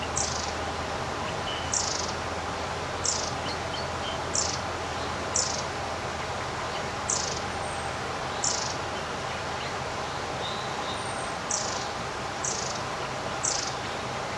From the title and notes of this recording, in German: Ein Sommertag im Garten. In dieser bezaubernden Klanglandschaft erleben Sie die Magie eines beinahe windstillen Sommertags. Vögel ihre süßen Melodien singen.